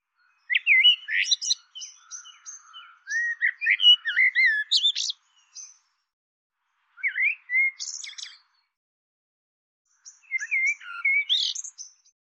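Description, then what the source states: Bird delivering a long, busy run of chirps mixed with high, thin ticking notes, then two shorter bursts after pauses; background silent. Labelled "Tu Me" in a cleaned, normalized dataset file (Deverin et al. 2025).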